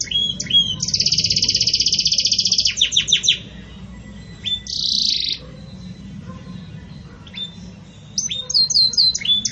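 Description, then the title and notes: Belgian canary singing a long high rattling trill, then rapid falling notes, a short buzzy burst after a silent gap, and scattered chirps, with pauses between phrases. Pure "campainha" song style, with pauses, for training. "Canto Canário Belga Campainha Puro Com Pausa Para Treinamento. CANARIO BELGA"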